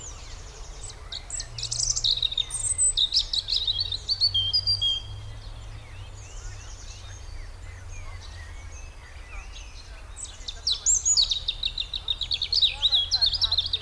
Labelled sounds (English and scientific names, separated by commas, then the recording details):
European Robin (Erithacus rubecula)
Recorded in the wild
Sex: male
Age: adult
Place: Rheinsberg, Brandenburg, DE
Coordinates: 53.1, 12.9
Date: 1995-04-14
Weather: heiter, 10°C
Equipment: Marantz CP 430, Sennheiser ME 80, Kopie Uher 4000 Report Monitor
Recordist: Tembrock, Günter